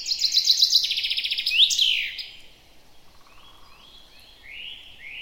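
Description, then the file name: Common chaffinch song: the end of a quick trill of repeated notes closing in a falling flourish, followed by scattered thin, rising notes. "Fringilla coelebs"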